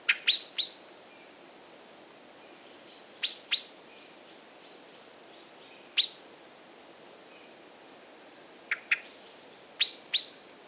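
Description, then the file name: Common blackbird sharp clicking calls, short bursts of one to three notes at irregular intervals, with faint softer chatter between them. "Turdus merula"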